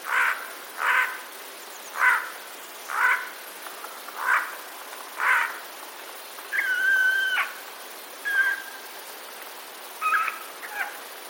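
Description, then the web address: Eurasian jay giving six harsh short rasps about once a second, followed by a long flat whistled tone and a few shorter notes. Alarm calls, recorded 26 September 2021. "wroblowe ostrzegator sojka 26 09 2021"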